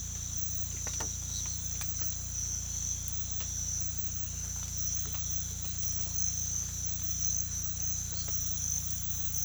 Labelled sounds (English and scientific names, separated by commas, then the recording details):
none
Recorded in pastures near Puerto Asís, Putumayo, Colombia, on 18 December 2024 at 03:30
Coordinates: 0.472, -76.331
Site GP02